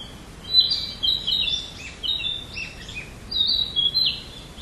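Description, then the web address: Narcissus flycatcher singing a string of bright whistled phrases with quick up-and-down slurs, over low background noise. "udragon kibitaki"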